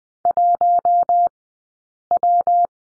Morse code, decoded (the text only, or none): 1W